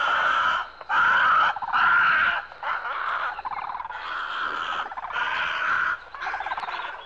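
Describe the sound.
Bird calls: harsh, gobbling bursts repeated with short pauses, louder at first.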